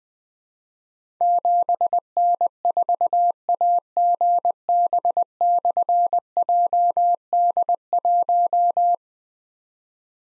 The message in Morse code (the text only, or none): 7N4AGB/JD1